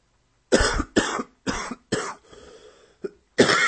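A run of five or six harsh, loud cough bursts in quick succession from an adult man, a cough that has come back.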